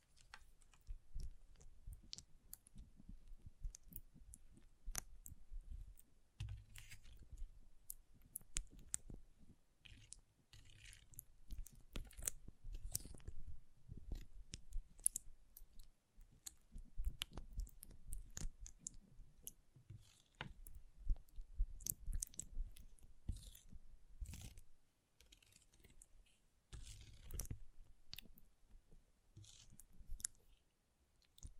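Water beads clicking and rattling against one another in dense, irregular bursts, with sharp bright ticks over a soft low rumble. The activity runs almost continuously, broken by brief pauses near 10, 16, 25 and 29 seconds.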